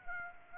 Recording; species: mosquito wingbeat signal from an infrared sensor; Aedes aegypti